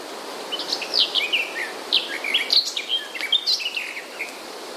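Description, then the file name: Garden warbler song: a fast, unbroken run of varied chirps, trills and short whistled notes, jumping between high and very high pitches, with faint steady background hiss. "gajowka"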